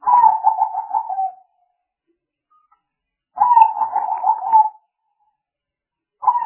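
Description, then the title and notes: Spotted dove giving two pulsed cooing phrases of throbbing notes with falling ends, a silent gap between, and the start of a third phrase at the end. Lure sounds used for trapping, a collection of calls. "Pikat Burung Tekukur Paling Ampuh. Kumpulan suara burung tekukur paling ampuh"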